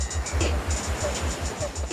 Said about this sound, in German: Das Meer.